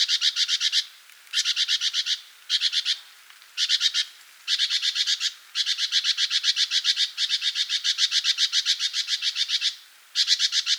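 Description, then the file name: Great tit giving a harsh, rapid chatter in bursts of varying length, some long and continuous, with short gaps between. "Parus major"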